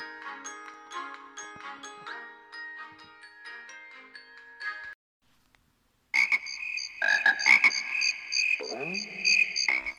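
Frogs croak in a dense, rhythmic chorus with buzzy harmonic tones, then fall silent for about a second before a louder burst of harsh croaks and downward-sliding chirps returns.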